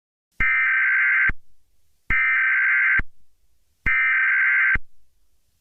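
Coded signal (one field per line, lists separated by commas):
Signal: Emergency Alert System (SAME) tones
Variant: header bursts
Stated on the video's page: Mock EAS tones in a fictional scenario.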